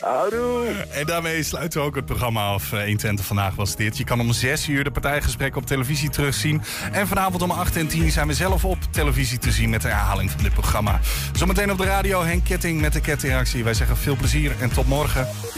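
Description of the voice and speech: A man speaks fluent, well-paced Dutch in a low, steady radio voice, with a music bed underneath as he signs off the programme. Articulation and voicing are clear, with no hesitations or strain: ordinary normal speech.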